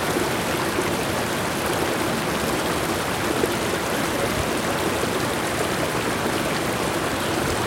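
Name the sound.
river water flowing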